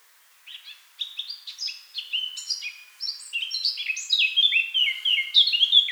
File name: Sylvia atricapilla